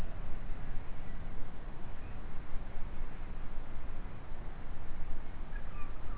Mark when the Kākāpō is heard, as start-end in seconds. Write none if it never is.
none